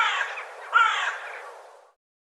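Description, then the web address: Bird giving two harsh, hoarse cawing notes, the second louder, then the sound trailing off within two seconds. "cianscape birddata Deverinetal"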